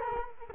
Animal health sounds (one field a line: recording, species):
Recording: mosquito wingbeat signal from an infrared sensor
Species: Culex quinquefasciatus